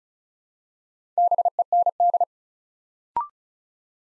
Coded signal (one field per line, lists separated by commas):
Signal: Morse code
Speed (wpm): 36 wpm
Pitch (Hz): 700 Hz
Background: none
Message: BEND